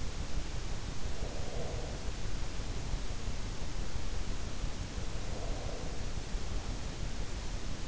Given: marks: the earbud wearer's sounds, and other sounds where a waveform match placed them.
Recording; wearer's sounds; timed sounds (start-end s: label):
sounds in sleep by an in-ear microphone; breath
1.18-2.10 s: breath
5.22-6.03 s: breath